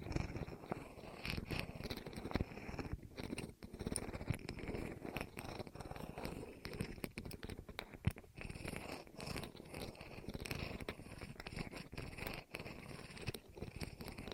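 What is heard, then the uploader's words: ASMR sound of something rolling over the ears: a dense, continuous rustling rumble full of quick crackles and soft scrapes. The texture stays busy and fairly even throughout, broken by brief near-silent gaps around three, eight and twelve and a half seconds. ASMR Rolling On Your Ears (No Talking).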